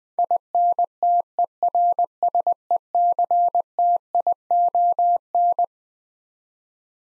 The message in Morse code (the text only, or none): INTERSECTION